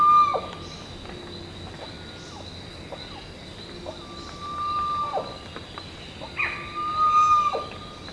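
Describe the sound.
Bird whistles: long, flat, steady whistled notes, three in all, each ending in a brief downward sweep, over faint background hum.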